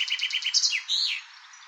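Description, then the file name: Chaffinch song fragment with a few quick repeated notes and a swooping end flourish. "erdei pinty eneke"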